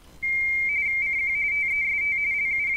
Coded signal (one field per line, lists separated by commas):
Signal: RTTY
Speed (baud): 45.45 baud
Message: CQ TEST LU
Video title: LU1COP - Configuracion para concurso de RTTY N1MM + MTTY Setting IC 7300 o FTDX10